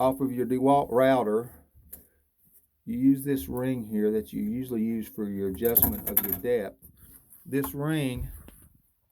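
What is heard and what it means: Someone talks while handling the depth-adjustment ring from a DeWalt router, about to press it into a 3D-printed plastic router attachment, with a few faint handling knocks between the words. The ring has not snapped into place yet, and nothing has seated or clicked by the end of the clip.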